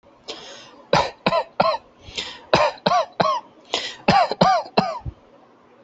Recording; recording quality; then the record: shallow voluntary cough; excellent, no background noise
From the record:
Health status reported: healthy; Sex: male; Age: 28 years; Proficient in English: yes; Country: India